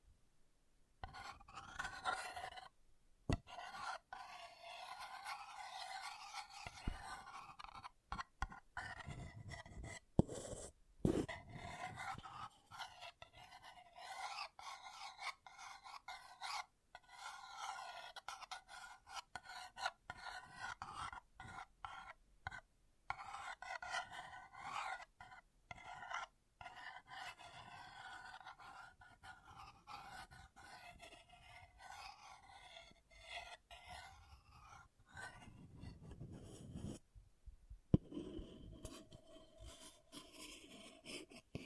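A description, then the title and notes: An object scratching, a continuous rasping scrape like filing that runs nearly the whole length, sitting mostly in the middle and upper range. The strokes vary in pressure, with brief breaks around 3, 10 and 36 seconds and a sharper jolt near 38 seconds. ASMR Brain Melting Object Scratching (No Talking).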